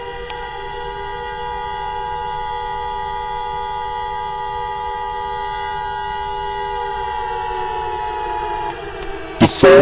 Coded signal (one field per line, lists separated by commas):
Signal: Emergency Alert System (SAME) tones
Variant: 853 and 960 Hz attention tone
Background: speech